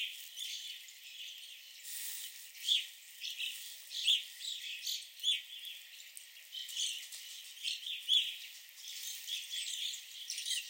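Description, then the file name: Evening grosbeak calls, sharp ringing notes rising above a softer background of scattered chirps, spaced irregularly a few seconds apart. Several birds at a visitor center in Sax-Zim Bog. "Evening Grosbeaks at the Sax-Zim Bog"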